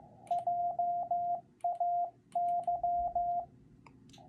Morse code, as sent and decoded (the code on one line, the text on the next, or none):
.--- .- -.--
JAY